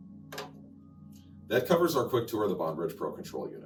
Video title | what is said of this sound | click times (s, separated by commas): Mecho User App: What's in the Box? | There's a locking tab that will hold it securely in place once installed. | 0.3 s